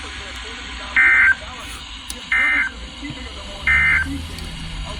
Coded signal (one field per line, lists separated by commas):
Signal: Emergency Alert System (SAME) tones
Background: speech